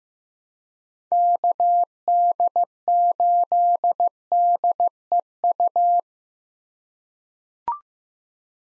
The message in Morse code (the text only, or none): KD8DEU